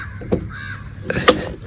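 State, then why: Seated. The handlebar of a scooter is turned and its steering lock engages with a sharp metallic hit at 1.3 seconds. Softer knocks come around it, and a higher tone rises and falls in the middle. The lock is confirmed engaged.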